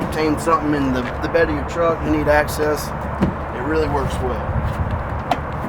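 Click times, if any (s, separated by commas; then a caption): 5.3 s. A retractable box side step on the bed of a 2017 Ford F-150 King Ranch pickup is pushed back into its stowed position while someone talks. One sharp click is heard at 5.3 s as the step seats back in easily.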